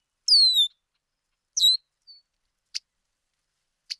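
Bird calls: two high descending whistled notes with harmonics, followed by a faint short note and two sharp clicks.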